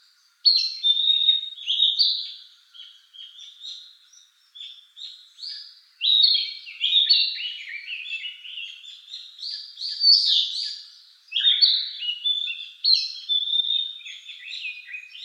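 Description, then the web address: Narcissus flycatcher singing steadily, with rich slurred whistles and trills strung into lively, changing phrases, and brief gaps between bursts. Recorded on 8 June 2013. "birdenaga kibitaki 130608"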